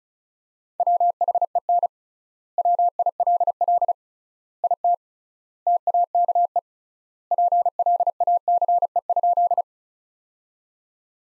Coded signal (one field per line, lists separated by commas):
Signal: Morse code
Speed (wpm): 36 wpm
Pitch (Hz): 700 Hz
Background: none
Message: WHEN WILL IT TAKE PLACE?